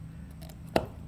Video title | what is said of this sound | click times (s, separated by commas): 2015 Volvo S60 4 Cylinder Oil Change | it back into place you'll hear it snap into place it spins freely but that just helps hold it into place when | 0.8 s